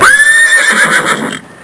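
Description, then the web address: Horse whinny, a loud high neigh that starts sharply, holds a strained tone, then shudders and fades over under two seconds. "Soundsation. Animals Horse"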